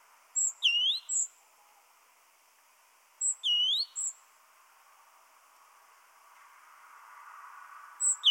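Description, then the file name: Great tit calls: soft groups of three short, curving high notes, repeated every three to five seconds, with faint background hum rising toward the end. "Parus major"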